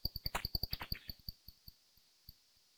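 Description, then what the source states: Brown long-eared bat echolocation clicks, a quick burst of about a dozen ticks that slows and fades to a few sparse, quiet clicks. Recorded in Valley Gardens, Harrogate.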